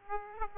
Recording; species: mosquito wingbeat signal from an infrared sensor; Aedes aegypti